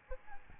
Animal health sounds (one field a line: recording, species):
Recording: mosquito wingbeat signal from an infrared sensor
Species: Aedes albopictus